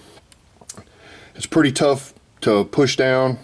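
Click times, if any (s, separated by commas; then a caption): 0.7 s. Someone squeezes hard on the locking tab of a plastic electrical connector on an engine fuel-system component, near the fuel rail of a 2007 Mini Cooper S R56 during cylinder head removal, so the connector can be pulled off. Faint ticks come at 0.3 s and 0.6 s, then a sharp click at 0.7 s as the tab releases, followed by someone talking.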